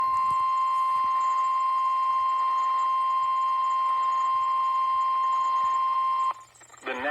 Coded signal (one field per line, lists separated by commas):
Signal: Emergency Alert System (SAME) tones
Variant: 1050 Hz attention tone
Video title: EAS #1,761 Online NOAA Weather Radio Severe T’storm Warning #4 3/23/25